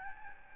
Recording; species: mosquito wingbeat signal from an infrared sensor; Aedes albopictus